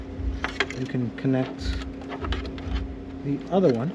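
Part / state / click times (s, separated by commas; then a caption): second harness connector into amplifier / not seated / none. A second harness connector is handled as it goes toward a plug-and-play amplifier during an installation in a 2018–2025 Audi A5, with short sharp knocks at about 0.4 and 0.6 s and softer taps around 2.3 s over a steady low hum. Someone talks throughout. Nothing has seated or clicked yet.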